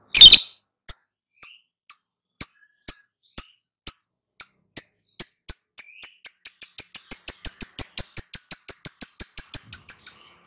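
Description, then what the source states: Lovebird trill: one harsh shriek, then high clicking ticks that start slow and speed up into a rapid rattle. Prompting recording meant to get a lovebird to answer and sing loudly and continuously.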